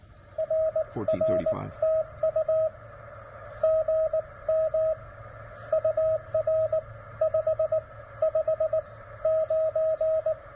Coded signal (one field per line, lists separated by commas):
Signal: Morse code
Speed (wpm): 19 wpm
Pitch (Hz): 640 Hz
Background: radio noise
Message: RR TU GM UR 559